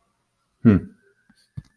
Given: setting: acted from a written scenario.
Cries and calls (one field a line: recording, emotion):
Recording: vocal sound without words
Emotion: neutral